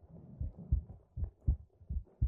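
Soft, low thuds repeat at a steady pace, roughly 75–85 beats a minute, with faint low rumble between them. This is an adult woman's heartbeat, picked up by a microphone held against her chest, with a regular rhythm.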